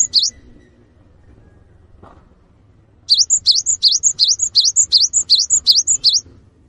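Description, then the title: Cinereous tit giving a brief high note, then after a pause a long, rapid series of repeated high sweeping whistled notes. Actively singing bird giving long 'wucit' calls that provoke other birds of its kind to join in and call. "GELATIK BATU GACOR WUCIT PANJANGNYA BIKIN GELATIK LAIN JADI TERPANCING UNTUK IKUT BUNYI"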